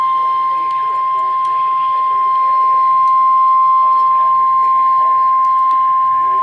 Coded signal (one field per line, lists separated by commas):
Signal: Emergency Alert System (SAME) tones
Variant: 1050 Hz attention tone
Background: speech